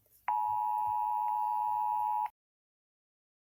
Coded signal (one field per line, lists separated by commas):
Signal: Emergency Alert System (SAME) tones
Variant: 853 and 960 Hz attention tone